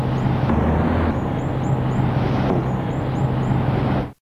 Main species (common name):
Hooded Mountain Tanager